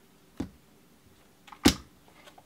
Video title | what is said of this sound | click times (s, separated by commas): GPS Speed Telemetry Install! Traxxas Rustler 4x4 VXL Full Upgrade Project Truck Part 4 - RC Driver | like that it's in but the GPS module snapped into place | 1.7 s